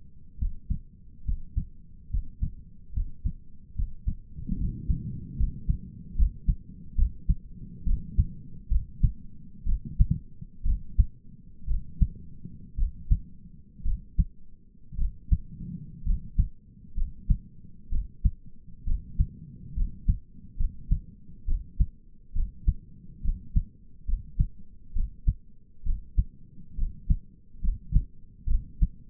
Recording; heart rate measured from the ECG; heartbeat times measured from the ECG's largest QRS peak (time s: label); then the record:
heart sounds by stethoscope; 66 bpm
0.39 s: heartbeat
1.25 s: heartbeat
2.10 s: heartbeat
2.94 s: heartbeat
3.76 s: heartbeat
4.58 s: heartbeat
5.38 s: heartbeat
6.17 s: heartbeat
6.97 s: heartbeat
7.86 s: heartbeat
8.71 s: heartbeat
9.67 s: heartbeat
10.66 s: heartbeat
11.68 s: heartbeat
12.78 s: heartbeat
13.85 s: heartbeat
14.99 s: heartbeat
16.06 s: heartbeat
16.97 s: heartbeat
17.92 s: heartbeat
18.87 s: heartbeat
19.77 s: heartbeat
20.59 s: heartbeat
21.48 s: heartbeat
22.36 s: heartbeat
23.25 s: heartbeat
24.08 s: heartbeat
24.96 s: heartbeat
25.86 s: heartbeat
26.78 s: heartbeat
27.64 s: heartbeat
28.50 s: heartbeat
From the record:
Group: healthy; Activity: Valsalva maneuver 0-7 s, rest 7-29 s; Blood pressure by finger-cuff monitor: 108/61 mmHg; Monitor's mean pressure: 76 mmHg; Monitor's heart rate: 67 bpm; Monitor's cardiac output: 5.9 L/min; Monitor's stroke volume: 90 mL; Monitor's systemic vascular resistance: 920 dyn s/cm5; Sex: male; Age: 22 years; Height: 181 cm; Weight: 79 kg